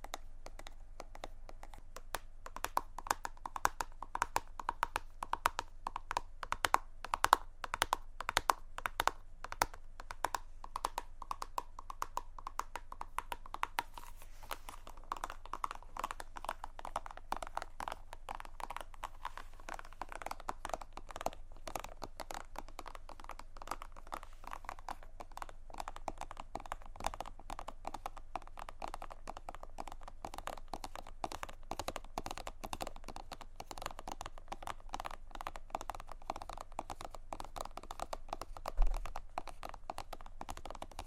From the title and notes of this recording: ASMR Tapping On Random Objects.